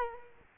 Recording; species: mosquito wingbeat signal from an infrared sensor; Culex quinquefasciatus